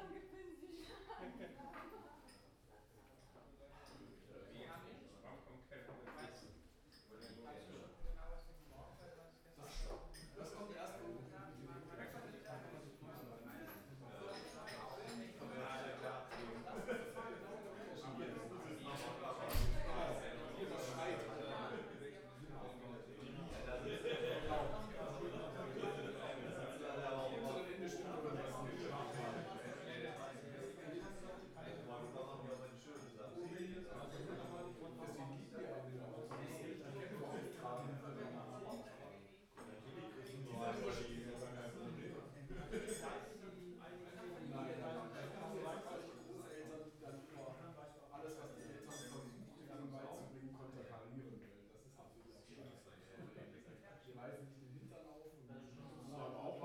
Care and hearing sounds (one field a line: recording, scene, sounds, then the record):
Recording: everyday scene through a hearing-aid microphone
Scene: many people talking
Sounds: many voices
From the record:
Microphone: behind the ear, right, rear